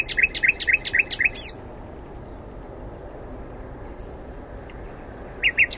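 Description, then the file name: Common nightingale song opening with a quick run of loud repeated clicking notes, then a pause with faint high thin whistles, and another burst of repeated notes at the end. "Luscinia megarhynchos"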